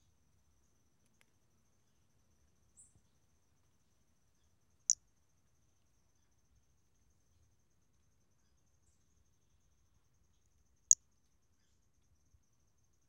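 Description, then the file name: Brachycephalus albolineatus call: two short, sharp, high-pitched notes about six seconds apart, separated by near silence with a few faint ticks. Recorded 4 February 2016. "Brachycephalus albolineatus 160204"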